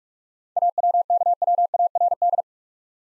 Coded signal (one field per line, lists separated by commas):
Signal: Morse code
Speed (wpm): 44 wpm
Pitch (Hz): 700 Hz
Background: none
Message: AWKWARD